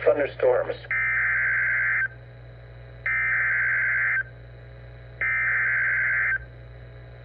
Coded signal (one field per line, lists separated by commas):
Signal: Emergency Alert System (SAME) tones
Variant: header bursts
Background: speech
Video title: NOAA Weather Radio with Severe Thunderstorm Warning #2 (6/25/23)